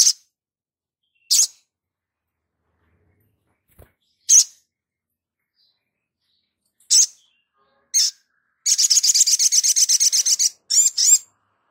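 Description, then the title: Spiderhunter song: sharp high chips at irregular intervals, then a fast buzzy trill of rapid repeated notes near the end. Masteran (training recording for cage birds), Labaik variant. "Sogok Ontong Labaik"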